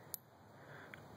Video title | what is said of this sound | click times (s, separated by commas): BMW Temperature Sensor Replacement Repair, Due To Temperature Sensor Reading -44 or 122 Degrees | there it is whoops locked up into place made a nice little click | 0.1 s